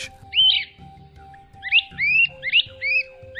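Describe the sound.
Great crested flycatcher calls, loud rising whistled wheeep notes given singly and then in quick pairs, with a steady low hum beneath.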